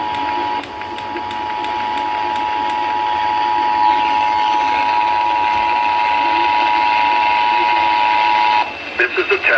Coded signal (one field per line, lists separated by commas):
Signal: Emergency Alert System (SAME) tones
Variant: 853 and 960 Hz attention tone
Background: speech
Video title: EAS- Post Memorial Day Los Angeles County Required Monthly Test (RMT) KLOS, KFI, KNX, KBIG, KABC AM